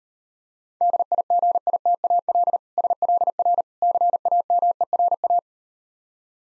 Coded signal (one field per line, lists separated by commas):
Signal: Morse code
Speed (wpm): 38 wpm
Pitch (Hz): 700 Hz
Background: none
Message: DIGITAL SLR CAMERA